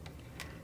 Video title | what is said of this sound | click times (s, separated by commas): Ranger XP 1000 - RAVEK Speakeasy Turn Signal Kit Installation Walkthrough | As we're sliding these in here, you can see the pin sliding through into the slot, and it'll click into place. | 0.4 s